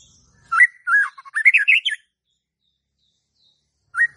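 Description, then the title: White-rumped shama song: one short phrase of slurred whistled notes rising in pitch, followed by silence and a single brief whistled note. Lure to provoke a stressed, jammed White-rumped shama that is not singing. "PANCINGAN Murai Batu STRES & MACET"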